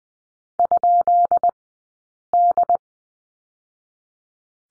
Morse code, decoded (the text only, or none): ?D